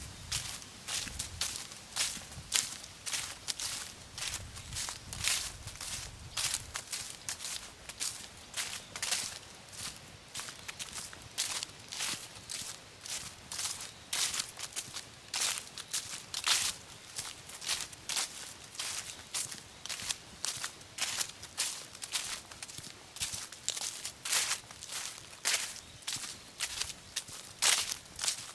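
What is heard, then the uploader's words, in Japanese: Footsteps on an autumn mountain: steady, regular crunching steps, roughly two per second, each a sharp bright rustle as if through dry leaves, keeping an even pace throughout. A soft low rumble sits underneath during the first several seconds, then fades. 環境音 昨年の秋山。気温、天候、音、どれも心地よい。初めての秋の山でした。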